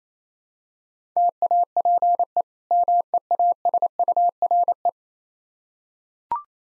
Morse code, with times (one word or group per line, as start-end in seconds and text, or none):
1.2-2.4 TAPE
2.7-4.9 MEASURE